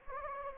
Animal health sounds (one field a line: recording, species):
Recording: mosquito wingbeat signal from an infrared sensor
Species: Anopheles gambiae